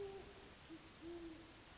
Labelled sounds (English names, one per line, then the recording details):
Great Horned Owl
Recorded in Sonoma County, California